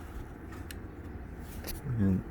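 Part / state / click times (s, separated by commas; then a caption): memory module into motherboard DIMM slot / not seated / none. A second RAM memory stick is being handled and pushed firmly toward its motherboard DIMM slot to make sure it is tight. A steady low hum runs underneath, with a brief sharp transient at 0.7 s, and near the end someone talks. The clip ends before the module goes home, so nothing has seated or clicked yet.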